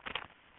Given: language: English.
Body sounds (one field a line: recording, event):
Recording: throat vibration sensor signal played as sound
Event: swallow